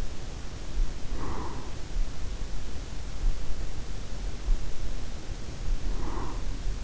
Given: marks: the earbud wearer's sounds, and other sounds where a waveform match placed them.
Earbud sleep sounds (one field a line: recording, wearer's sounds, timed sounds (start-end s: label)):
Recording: sounds in sleep by an in-ear microphone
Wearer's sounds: breath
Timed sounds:
0.05-1.91 s: breath
4.77-6.84 s: breath